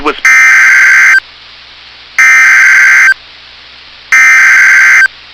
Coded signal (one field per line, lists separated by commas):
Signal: Emergency Alert System (SAME) tones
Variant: header bursts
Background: speech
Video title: [EAS Compilation] Northern Minnesota Flood Warnings August 18 2022